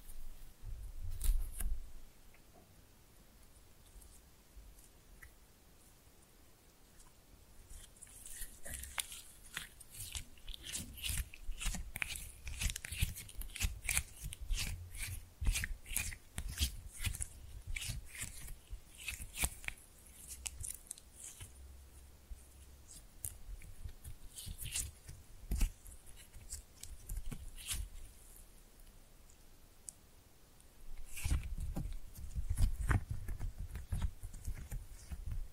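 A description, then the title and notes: Slime being pressed and mixed, with wet, sticky squishes and fast crackling pops. After a short burst at the start and a quiet spell, dense clicking squelches run from about eight to twenty-eight seconds, then a heavier, thumping bout of pressing near the end. Slime No Talking (Pressing and Mixing).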